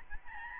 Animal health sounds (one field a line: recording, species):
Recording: mosquito wingbeat signal from an infrared sensor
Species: Aedes albopictus